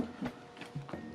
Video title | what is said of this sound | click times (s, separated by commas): Zeolite repair with Sterling Appliance Part 2 | insert the bottom into the fan and then our tub Inlet will click into place | 0.9 s